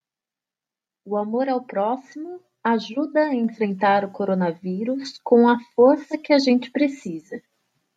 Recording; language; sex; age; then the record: spoken sentence; Brazilian Portuguese; female; 20 to 29 years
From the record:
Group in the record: control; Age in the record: 29 years